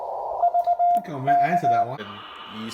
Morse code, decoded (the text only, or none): VK